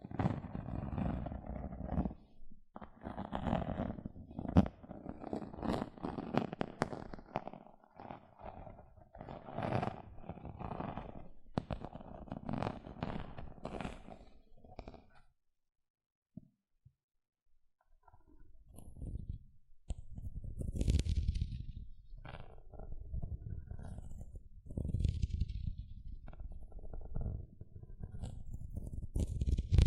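Gentle scratching comes in short, uneven bursts of soft rasping and tapping, dense through the first fifteen seconds. A near-silent gap follows around sixteen to nineteen seconds, then the scratching resumes, slightly louder and lower, with scattered crisp ticks until the end.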